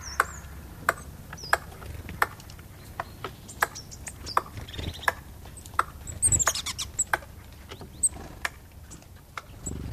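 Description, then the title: Eurasian red squirrel making a steady series of hard clicks, with a brief burst of rapid clicking midway and soft high chirps behind. "Viikon luontoääni: Orava"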